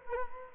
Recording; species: mosquito wingbeat signal from an infrared sensor; Culex quinquefasciatus